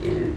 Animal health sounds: contact call of a hoofed animal; pig; closed-mouth grunt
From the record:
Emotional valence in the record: positive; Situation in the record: food and toys in familiar pen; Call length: 0.37 s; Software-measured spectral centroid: 1430 Hz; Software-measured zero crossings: 790 a second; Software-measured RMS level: -24 dBFS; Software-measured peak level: -14 dBFS

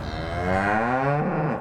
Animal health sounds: contact call of a hoofed animal; cattle; low-frequency (closed-mouth) or high-frequency (open-mouth) call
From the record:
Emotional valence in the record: negative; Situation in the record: full separation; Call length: 1.61 s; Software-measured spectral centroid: 1290 Hz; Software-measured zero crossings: 1440 a second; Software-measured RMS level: -24 dBFS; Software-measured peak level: -9 dBFS

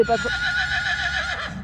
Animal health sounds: contact call of a hoofed animal; Przewalski's horse; whinny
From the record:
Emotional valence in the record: negative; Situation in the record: group separation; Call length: 1.64 s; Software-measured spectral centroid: 2380 Hz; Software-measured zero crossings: 3190 a second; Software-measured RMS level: -23 dBFS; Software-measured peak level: -8 dBFS

